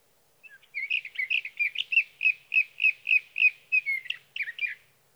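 Sage thrasher delivering a sustained warbling song of quick notes for about four seconds, nothing else audible.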